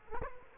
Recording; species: mosquito wingbeat signal from an infrared sensor; Culex quinquefasciatus